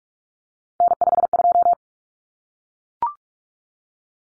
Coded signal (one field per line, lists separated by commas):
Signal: Morse code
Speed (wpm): 44 wpm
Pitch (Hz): 700 Hz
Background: none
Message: N52